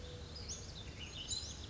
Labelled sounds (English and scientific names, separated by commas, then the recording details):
Western Flycatcher (Empidonax difficilis)
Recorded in Sonoma County, California